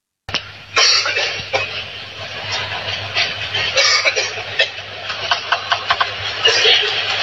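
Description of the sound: 止不住的咳嗽声，持续的高烧。 这是他在新冠首阳后仅仅过了八天就投入到密集的训练和比赛中。 他跟韩国对手张宇珍在对抗的时候。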